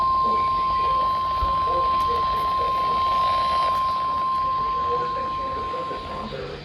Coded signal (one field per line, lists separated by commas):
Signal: Emergency Alert System (SAME) tones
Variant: 1050 Hz attention tone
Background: speech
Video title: SLIGHT RISK EVENT: EAS Alerts from 09/06/25 | #335 - #366